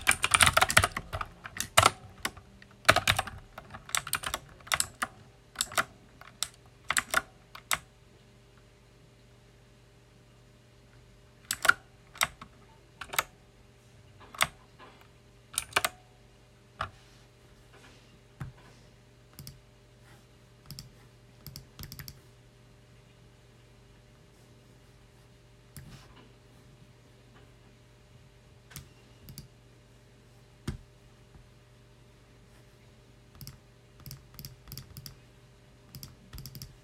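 Keystrokes from a loud mechanical keyboard, recorded close up, arrive as sharp clicky taps. They come in a dense fast burst for the first eight seconds, then in scattered short runs and single presses with pauses between. A low steady hum runs underneath throughout.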